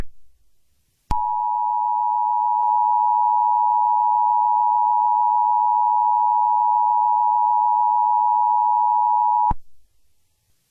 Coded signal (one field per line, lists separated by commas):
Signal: Emergency Alert System (SAME) tones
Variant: 853 and 960 Hz attention tone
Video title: EAS Scenario Remake #3: Cyberterror (Original by DragonBornEAS)